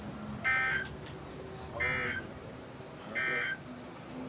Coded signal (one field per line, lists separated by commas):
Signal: Emergency Alert System (SAME) tones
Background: speech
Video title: Must’ve Been The Wind (EAS 366-379)